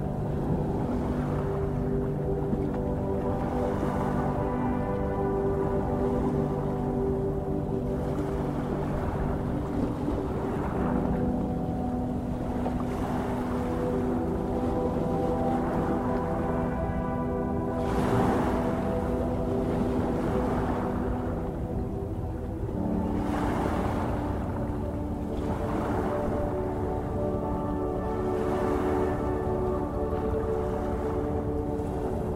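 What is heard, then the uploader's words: Slow, soothing music holds long sustained chords that shift gently every few seconds, over a low, steady rumble. Ocean waves wash in and recede roughly every four to five seconds, their hiss brightening at each crest. The level stays even throughout. Eight hours of soothing sleep music and calming ocean waves. From gentle symphonic melodies to the rhythmic crashing of waves on the shore.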